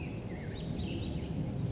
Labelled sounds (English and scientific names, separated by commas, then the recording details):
Chestnut-backed Chickadee (Poecile rufescens)
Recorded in Sonoma County, California